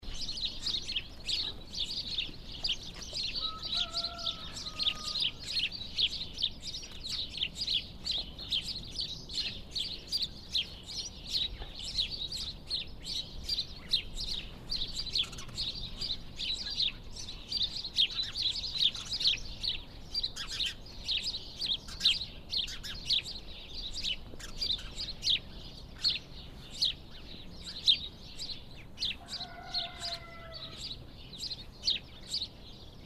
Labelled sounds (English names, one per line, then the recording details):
House Sparrow call
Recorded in the wild
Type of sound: call
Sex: diverse
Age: adult
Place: Kremmen, Kremmener Luch, Brandenburg, DE
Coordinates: 52.7486, 13.0667
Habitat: village
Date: 2013-03-16
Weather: sunny, almost windless, -10°C
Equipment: Sound Devices 702, Sennheiser MKH 70, Rycote Windschutz
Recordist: Frommolt, Karl-Heinz
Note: Kremmen OT Amalienfelde: Rufe von Haussperlingen in der Dachrinne. Im Hintergrund Haushahn